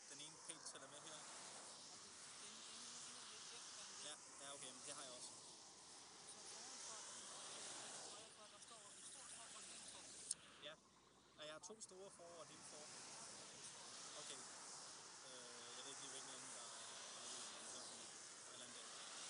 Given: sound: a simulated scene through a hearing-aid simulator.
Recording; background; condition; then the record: conversation; traffic; -4 dB SNR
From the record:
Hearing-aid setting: III (slow-acting compression, loudness normalization, advanced features for about 2.5 dB of SNR improvement); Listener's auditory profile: D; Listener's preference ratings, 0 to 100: 20, 63, 47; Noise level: 75 dB SPL